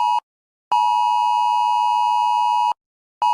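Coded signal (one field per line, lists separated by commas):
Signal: Emergency Alert System (SAME) tones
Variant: 853 and 960 Hz attention tone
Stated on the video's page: Animated alert series, not a real broadcast.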